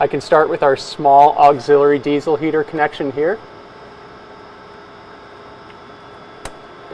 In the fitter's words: pushes in you could hear the audible click now I'm going to push down on that top blue clip